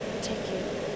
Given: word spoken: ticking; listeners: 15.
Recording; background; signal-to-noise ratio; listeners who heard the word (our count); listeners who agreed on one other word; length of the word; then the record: one English word in noise, from a listening test; speech-shaped noise; -5.2 dB; 2 of 15; 9 of 15; 0.56 s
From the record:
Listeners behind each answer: 9, 2, 1, 1, 1, 1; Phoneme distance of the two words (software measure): 10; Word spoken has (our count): 2 syllables, 5 phonemes, stress on syllable 1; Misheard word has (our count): 2 syllables, 5 phonemes, stress on syllable 1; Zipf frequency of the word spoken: 4.03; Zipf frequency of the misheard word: 4.51